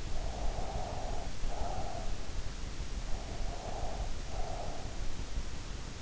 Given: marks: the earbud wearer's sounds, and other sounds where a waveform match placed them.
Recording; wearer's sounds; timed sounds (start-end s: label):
sounds in sleep by an in-ear microphone; breath
0.20-2.35 s: breath
3.02-4.97 s: breath